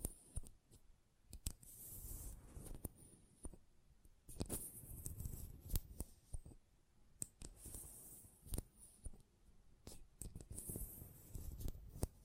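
Close-up metallic sounds: a busy run of short clicks and snips scattered irregularly through the twelve seconds, some sharp and bright with a hissing upper edge. Between them, low rumbling scrapes and handling noise rise and fall, with brief quiet gaps.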